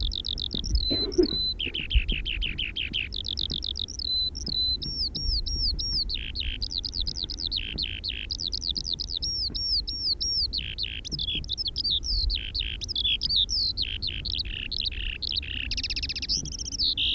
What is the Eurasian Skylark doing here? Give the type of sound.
song